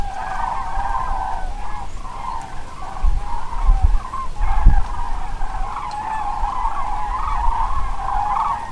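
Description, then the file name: Crane flock chorus, overlapping rolling trumpeted calls in a steady wavering band, with some low rumbling noise and a few thumps. "grues"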